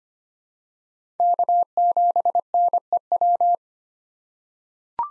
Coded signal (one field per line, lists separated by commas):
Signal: Morse code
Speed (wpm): 25 wpm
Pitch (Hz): 700 Hz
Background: none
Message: K7NEW